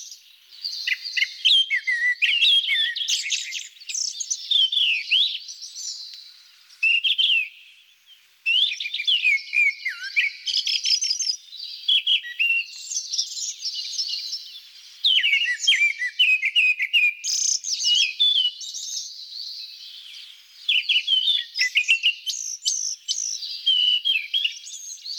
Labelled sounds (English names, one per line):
Grey-backed Thrush song